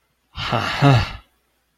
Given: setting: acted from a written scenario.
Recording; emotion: vocal sound without words; pride